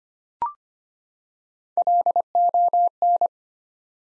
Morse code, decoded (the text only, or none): LON